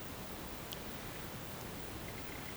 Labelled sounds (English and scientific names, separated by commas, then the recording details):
none
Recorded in pastures near Puerto Asís, Putumayo, Colombia, on 24 March 2025 at 11:30
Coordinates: 0.472, -76.329
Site G074